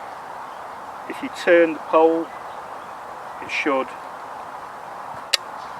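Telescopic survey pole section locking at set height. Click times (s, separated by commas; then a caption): 5.3 s. Someone talks over a steady background hiss while a telescopic GPS survey pole is turned at its marked two-metre height setting so the sections lock. A single sharp click comes at 5.3 s as the pole section seats into place, keeping the GPS at the same height each time.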